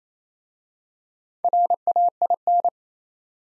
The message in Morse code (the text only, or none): RAIN